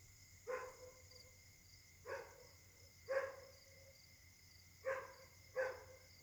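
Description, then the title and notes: Dog giving five loud single barks, roughly one to two seconds apart, the last two close together. Dogs barking together at night, Caltex, 3 Mares, Réunion; a 'concert' of dogs; recorded on a Samsung Galaxy S8 smartphone with a partly clogged left microphone. "Caltex, 3 mares, Réunion. La nuit s'annonce difficile pour les habitants: concert de chiens"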